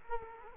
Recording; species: mosquito wingbeat signal from an infrared sensor; Culex quinquefasciatus